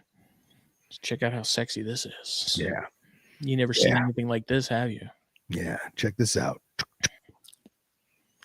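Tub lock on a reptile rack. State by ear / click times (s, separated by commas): seated / 8.4 s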